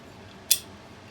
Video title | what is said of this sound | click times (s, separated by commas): Threaded 607 Stock Assembly Tutorial | show then you can hear it pop into place right | 0.5 s